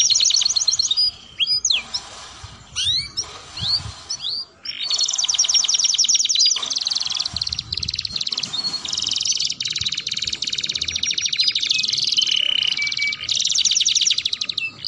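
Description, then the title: Atlantic canary song opening with scattered sweeping notes and pauses, then a long rapid high trill running steadily to the end over faint background hiss. Belgian canary song played to warm up and stimulate other canaries into singing and to serve as a tutor song for young canaries. "Canto Para Esquentar Canário Belga. Suara Pancingan Kenari Gacor || Untuk Masteran Kenari Paud"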